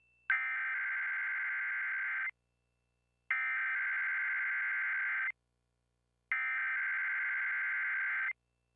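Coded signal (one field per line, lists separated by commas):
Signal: Emergency Alert System (SAME) tones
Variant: header bursts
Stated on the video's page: Required weekly test broadcast on a television station in Columbus, Ohio; presented as a real alert, credited to an original uploader.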